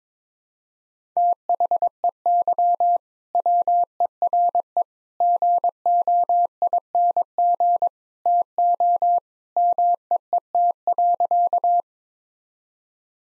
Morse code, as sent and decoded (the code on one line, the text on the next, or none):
- .... . -.-- / .-- . .-. . / --. --- .. -. --. / - --- / -- . . - .-.-.-
THEY WERE GOING TO MEET.